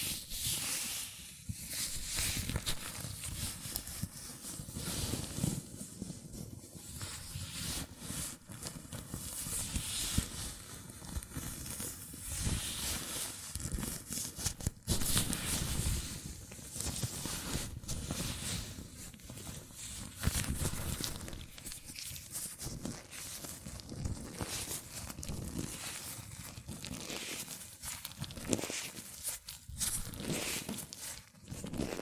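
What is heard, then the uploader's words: Latex gloves rubbing and stretching on hands make a continuous dense rustle, with squeaky bursts and snaps recurring every few seconds. ASMR Latex Gloves Hand Sounds (No Talking).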